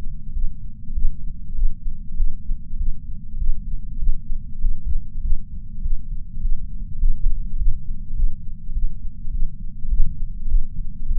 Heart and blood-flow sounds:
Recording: heart sounds by patch sensor on the chest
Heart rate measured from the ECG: 101 bpm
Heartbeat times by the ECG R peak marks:
0.34 s: heartbeat
0.95 s: heartbeat
1.55 s: heartbeat
2.16 s: heartbeat
2.78 s: heartbeat
3.39 s: heartbeat
3.99 s: heartbeat
4.60 s: heartbeat
5.22 s: heartbeat
5.83 s: heartbeat
6.42 s: heartbeat
7.00 s: heartbeat
7.58 s: heartbeat
8.16 s: heartbeat
8.74 s: heartbeat
9.32 s: heartbeat
9.90 s: heartbeat
10.48 s: heartbeat
11.07 s: heartbeat
From the record:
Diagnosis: coronary artery disease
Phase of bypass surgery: postoperative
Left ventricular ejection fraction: 66.9%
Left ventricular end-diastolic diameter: 46 mm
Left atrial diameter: 35 mm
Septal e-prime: 7.6 cm/s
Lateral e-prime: 10.1 cm/s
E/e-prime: 8.1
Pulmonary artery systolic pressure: 29 mmHg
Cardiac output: 6.1 L/min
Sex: male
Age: 63 years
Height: 180 cm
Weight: 65 kg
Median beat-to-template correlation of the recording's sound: 0.80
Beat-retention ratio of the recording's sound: 1.00

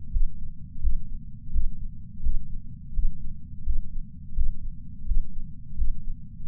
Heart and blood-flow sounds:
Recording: heart sounds by patch sensor on the chest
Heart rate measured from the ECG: 85 bpm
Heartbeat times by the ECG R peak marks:
0.11 s: heartbeat
0.81 s: heartbeat
1.52 s: heartbeat
2.22 s: heartbeat
2.93 s: heartbeat
3.64 s: heartbeat
4.35 s: heartbeat
5.06 s: heartbeat
5.76 s: heartbeat
6.46 s: heartbeat
From the record:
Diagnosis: coronary artery disease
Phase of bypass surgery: postoperative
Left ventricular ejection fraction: 53.3%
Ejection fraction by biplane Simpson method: 55.1%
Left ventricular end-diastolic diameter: 44 mm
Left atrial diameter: 43 mm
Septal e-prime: 6 cm/s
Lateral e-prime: 8.6 cm/s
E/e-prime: 11.9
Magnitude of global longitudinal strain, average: 15.4%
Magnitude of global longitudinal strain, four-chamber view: 16.2%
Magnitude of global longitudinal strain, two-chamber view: 15.5%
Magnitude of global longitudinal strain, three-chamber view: 14.5%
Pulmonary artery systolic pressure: 30 mmHg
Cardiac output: 3.65 L/min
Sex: male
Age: 64 years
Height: 175 cm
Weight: 85 kg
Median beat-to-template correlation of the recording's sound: 0.88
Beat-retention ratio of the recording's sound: 1.00

